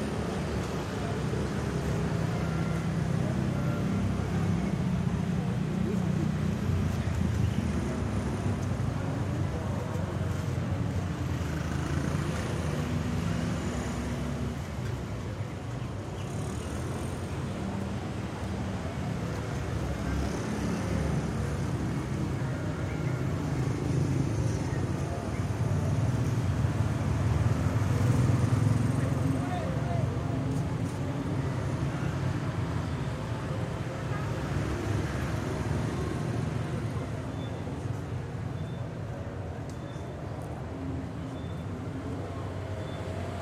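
An evening street in Surabaya, with a dense, steady wash of passing vehicles and engine rumble filling the low end throughout. Voices murmur now and then, and the traffic swells slightly around the middle before settling back to an even hum.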